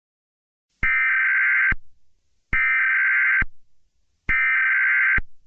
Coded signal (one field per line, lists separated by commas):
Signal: Emergency Alert System (SAME) tones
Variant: header bursts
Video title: EAS Scenario #6: Vaults' Awakening